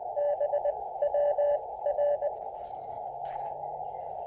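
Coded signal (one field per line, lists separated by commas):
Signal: Morse code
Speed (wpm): 18 wpm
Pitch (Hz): 590 Hz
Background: radio noise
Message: B WR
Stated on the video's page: Spring 2022 park activation with an Elecraft KX2 and a Chameleon MPAS Lite antenna at New River State Park.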